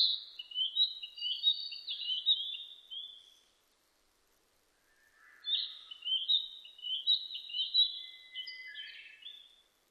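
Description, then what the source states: Narcissus flycatcher song in two bursts of quick high notes with a pause between, each a rapid series of chirps and whistles. Recorded 25 April 2006.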